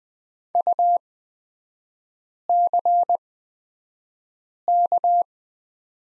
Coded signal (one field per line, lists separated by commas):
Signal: Morse code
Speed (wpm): 20 wpm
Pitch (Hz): 700 Hz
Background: none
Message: UCK